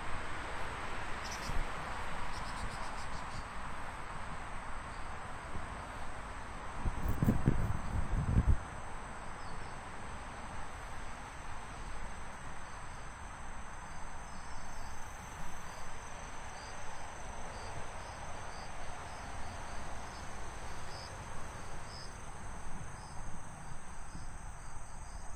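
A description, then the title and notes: A midday walk under cloudy skies, with steady high insect chirring over soft hiss and a brief low rumbling thump around seven seconds. 27℃ 多云天的午间散步. Noon Break Walking On A Cloudy Day.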